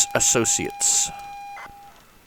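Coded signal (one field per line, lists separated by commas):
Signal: ZX Spectrum tape loading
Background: speech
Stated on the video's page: ZX Spectrum data from a mystery C15 cassette tape.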